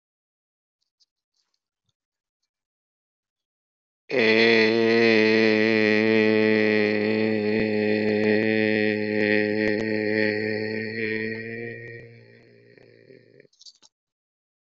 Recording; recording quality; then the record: sustained vowel as in made; excellent, no background noise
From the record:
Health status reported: healthy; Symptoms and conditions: none ticked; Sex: male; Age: 56 years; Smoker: yes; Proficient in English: yes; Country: India